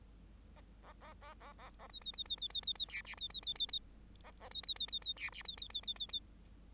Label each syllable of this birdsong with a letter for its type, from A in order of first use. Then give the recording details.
A A A A A A A B B B B B B B B C D B B B B B A A B B B B B C D B B B B B B. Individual Bird8